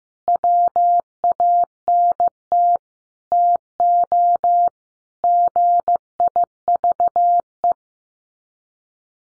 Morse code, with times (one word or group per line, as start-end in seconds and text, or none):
0.3-2.8 WANT
3.3-4.7 TO
5.2-7.7 GIVE